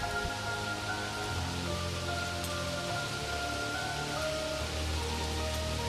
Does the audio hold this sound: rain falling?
yes